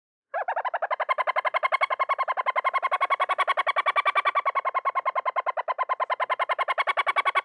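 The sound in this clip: Pale chanting goshawk producing an unbroken, rapid, steady stream of high piping chirps that runs for about seven seconds.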